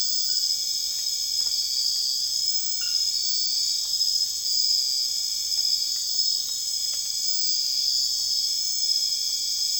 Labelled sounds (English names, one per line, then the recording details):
none
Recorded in secondary vegetation near Puerto Asís, Putumayo, Colombia, on 19 June 2025 at 00:00
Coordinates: 0.485, -76.322
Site GP06